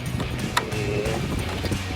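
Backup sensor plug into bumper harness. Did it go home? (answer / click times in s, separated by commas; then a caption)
yes / 0.6 s. A backup sensor plug on a 2015-2020 F-150 rear bumper is pushed back into the bumper harness on one side, giving a sharp click at 0.6 s over steady low background noise. The plug is seated, and the same is then done on the other side. There is no talk in the clip.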